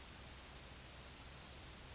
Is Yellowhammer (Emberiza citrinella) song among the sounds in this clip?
no